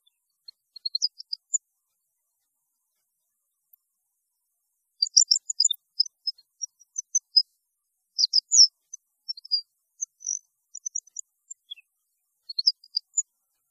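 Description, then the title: European goldfinch song: scattered high tinkling twitters in loose bursts, with a busier run of notes in the middle and a pause of a few seconds early on. "Chant Chardonneret"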